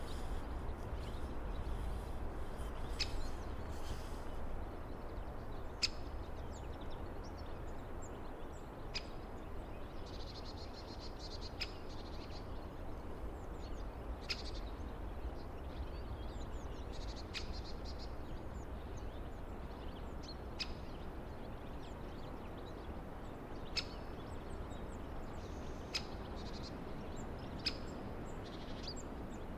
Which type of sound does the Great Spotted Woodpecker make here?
call